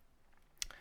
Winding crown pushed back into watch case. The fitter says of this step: so it works very well good positive click when one pushes it back in and